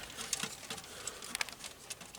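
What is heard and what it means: A plastic peg on a model kit part is being handled toward its socket on the leg and skirt assembly, where it is meant to lock the part in place with the legs tilted back. Light, sharp plastic ticks and taps sound around 0.3, 0.4 and 1.4 seconds over quiet handling noise. Nothing has seated or clicked yet.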